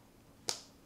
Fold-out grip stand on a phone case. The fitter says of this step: that click means that it's now in Stand mode but it's also a handle